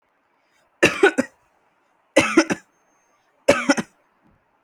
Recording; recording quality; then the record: heavy voluntary cough; excellent, no background noise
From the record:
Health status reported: healthy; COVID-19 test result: not tested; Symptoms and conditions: none ticked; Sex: male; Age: 20 years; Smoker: not ticked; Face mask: not worn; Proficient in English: yes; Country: India